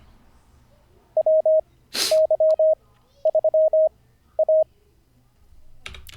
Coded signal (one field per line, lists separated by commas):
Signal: Morse code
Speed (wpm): 25 wpm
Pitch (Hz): 630 Hz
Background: none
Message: WY3A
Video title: N0SSC Learns Morse Code [Day 46]